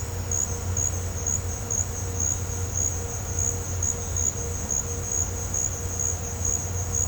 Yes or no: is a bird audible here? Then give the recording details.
no. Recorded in pastures near Puerto Asís, Putumayo, Colombia, on 20 December 2024 at 17:30. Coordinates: 0.502, -76.324. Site G077